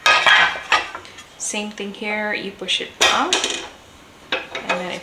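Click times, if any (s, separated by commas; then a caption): 4.3 s. Someone talks while the removable metal cooking plate of an electric contact grill is pushed off its mount, with a few knocks and clatters early on. At 4.3 s the plate releases and pops out with a sharp clack.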